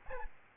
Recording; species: mosquito wingbeat signal from an infrared sensor; Aedes albopictus